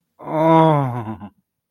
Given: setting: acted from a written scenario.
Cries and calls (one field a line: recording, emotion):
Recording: vocal sound without words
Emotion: desire